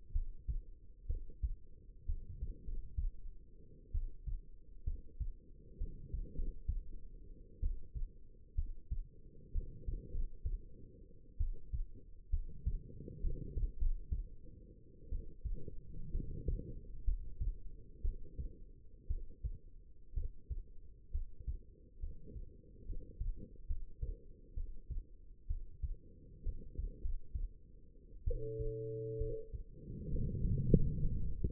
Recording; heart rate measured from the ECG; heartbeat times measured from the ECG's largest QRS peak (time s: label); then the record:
heart sounds by stethoscope; 65 bpm
0.12 s: heartbeat
1.06 s: heartbeat
2.06 s: heartbeat
2.63 s: heartbeat
3.91 s: heartbeat
4.84 s: heartbeat
5.77 s: heartbeat
6.34 s: heartbeat
7.60 s: heartbeat
8.55 s: heartbeat
9.52 s: heartbeat
10.10 s: heartbeat
11.37 s: heartbeat
12.30 s: heartbeat
13.20 s: heartbeat
13.77 s: heartbeat
15.09 s: heartbeat
16.11 s: heartbeat
17.04 s: heartbeat
18.01 s: heartbeat
19.07 s: heartbeat
20.13 s: heartbeat
21.11 s: heartbeat
21.99 s: heartbeat
22.85 s: heartbeat
23.66 s: heartbeat
24.54 s: heartbeat
25.47 s: heartbeat
26.43 s: heartbeat
27.00 s: heartbeat
28.24 s: heartbeat
29.17 s: heartbeat
30.09 s: heartbeat
30.68 s: heartbeat
From the record:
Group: healthy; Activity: rest 0-29 s, breath hold 29-32 s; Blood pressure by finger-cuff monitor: 105/67 mmHg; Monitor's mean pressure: 79 mmHg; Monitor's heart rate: 63 bpm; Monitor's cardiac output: 5.4 L/min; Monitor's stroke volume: 81 mL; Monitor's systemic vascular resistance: 1050 dyn s/cm5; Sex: female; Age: 22 years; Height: 171 cm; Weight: 65.6 kg